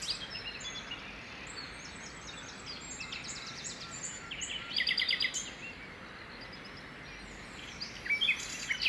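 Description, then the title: Common nightingale song with fast, repeated chirping notes and trills at high pitch, coming in short bursts against constant background hiss. Early morning song in parc de Loire, Saint-Jean-le-Blanc, France; recorded in stereo on a Zoom H2n with Clippy EM272 microphones. "Saint-Jean-le-Blanc, France - Rossignol philomèle matinal au parc de Loire"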